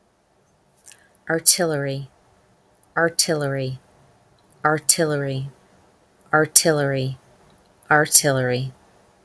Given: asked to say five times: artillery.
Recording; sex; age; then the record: repeated word; female; 50 to 59 years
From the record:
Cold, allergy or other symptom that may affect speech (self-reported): no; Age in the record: 51 years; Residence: Arizona, United States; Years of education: 14